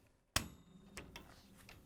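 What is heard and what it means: With the first side held up, the tabs on the second side of a plastic Whirlpool/KitchenAid/Maytag lower dish rack wheel assembly (WP8268645) are pressed to unclip it from the wire lower dish rack of a dishwasher. A sharp click at 0.4 s is followed by fainter ticks at about 1.0, 1.2 and 1.7 s. Both sides are now released.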